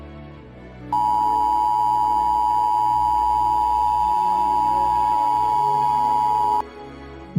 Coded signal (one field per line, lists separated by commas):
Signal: Emergency Alert System (SAME) tones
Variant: 853 and 960 Hz attention tone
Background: music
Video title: 3 MINUTES - An EAS Scenario